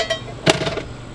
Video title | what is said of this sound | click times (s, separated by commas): Viewer Questions: Harvest Hosts, Murphy Bed, RV Toilet & Tanks - Vanlife in a Travato GL | it's hinged and you'll hear it snap into place | 0.5 s